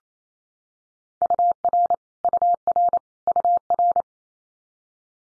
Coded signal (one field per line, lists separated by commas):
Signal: Morse code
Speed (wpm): 28 wpm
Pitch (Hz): 700 Hz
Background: none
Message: UR UR UR